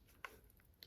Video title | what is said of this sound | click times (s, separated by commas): Copper Wire Jewelry Tutorial (Copper & Aluminum) - DIY My Pinterest Board Ep. 5 | till it clicks | 0.2 s, 0.8 s